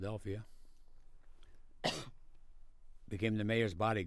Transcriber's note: coughs